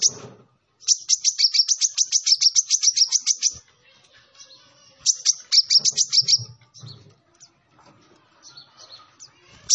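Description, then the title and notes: Sunbird song: a long, fast, high trill of repeated notes, a pause, then a shorter trill, followed by soft scattered chips. Indonesian 'kolibri ninja' master recording with full 'isian' and 'tembakan' song, described as 'gacor' (singing vigorously), intended as a lure for training other birds. "MASTERAN KOLIBRI NINJA TERBAIK FULL ISIAN DAN TEMBAKAN MEWAH COCOK BUAT PANCINGAN. Suara Burung Kolibri Ninja Gacor"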